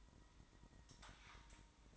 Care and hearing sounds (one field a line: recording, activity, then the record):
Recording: daily activity, microphone in the room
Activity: light off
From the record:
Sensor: 3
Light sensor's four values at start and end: 11/27/11/11 and 11/27/11/11